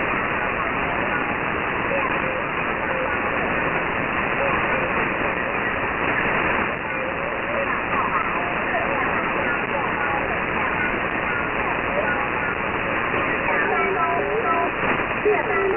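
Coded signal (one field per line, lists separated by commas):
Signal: numbers station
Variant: VC01 Chinese Robot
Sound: robotic, stepped-pitch buzzy voice-like tones under heavy hiss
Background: radio static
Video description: The Chinese oddity station VC01, also called the "Chinese Robot" has been around for many years.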